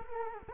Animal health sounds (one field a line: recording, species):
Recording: mosquito wingbeat signal from an infrared sensor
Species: Culex quinquefasciatus